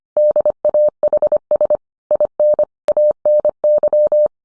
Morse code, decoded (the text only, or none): DAHS IN ANY